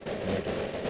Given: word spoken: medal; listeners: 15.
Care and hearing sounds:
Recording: one English word in noise, from a listening test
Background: noise modulated by three-talker babble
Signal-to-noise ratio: -5.5 dB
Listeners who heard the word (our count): 2 of 15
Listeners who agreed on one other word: 7 of 15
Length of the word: 0.50 s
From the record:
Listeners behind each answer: 7, 3, 2, 1, 1, 1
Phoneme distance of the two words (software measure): 17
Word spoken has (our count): 2 syllables, 5 phonemes, stress on syllable 1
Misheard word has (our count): 2 syllables, 4 phonemes, stress on syllable 1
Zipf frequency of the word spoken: 4.64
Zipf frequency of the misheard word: 5.23

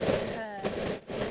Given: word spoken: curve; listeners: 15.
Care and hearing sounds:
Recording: one English word in noise, from a listening test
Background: noise modulated by three-talker babble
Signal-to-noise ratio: -7.6 dB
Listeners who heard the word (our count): 0 of 15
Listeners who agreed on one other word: 6 of 15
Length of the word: 0.92 s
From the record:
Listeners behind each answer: 6, 3, 2, 1, 1, 1, 1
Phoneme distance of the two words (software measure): 17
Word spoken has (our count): 1 syllable, 3 phonemes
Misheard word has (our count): 1 syllable, 2 phonemes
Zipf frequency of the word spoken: 3.91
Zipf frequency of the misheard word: 2.96

